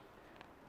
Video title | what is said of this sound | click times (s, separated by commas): Making the Donut $10,000 K Swap Engine Harness (And how you can make one too!) | locks that clip that you lift up to get it to get it out it locks it down so it can't pull out | 0.4 s